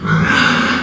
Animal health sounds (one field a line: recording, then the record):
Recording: squeal of a Yucatan mini pig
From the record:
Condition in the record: after surgery on the right vocal fold (resection and tissue-engineered implant)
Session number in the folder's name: 15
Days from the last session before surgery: 175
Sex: female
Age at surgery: 19 weeks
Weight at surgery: 25 kg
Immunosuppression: prednisolone